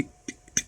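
A captive screw with a retaining washer in the bottom cover of an X1 Carbon 2nd or 3rd gen laptop is undone until it clicks free at the end of its thread, releasing it. Faint ticks come at about 0.3 s and 0.5 s, then a sharp, bright click at 0.6 s marks the screw coming free.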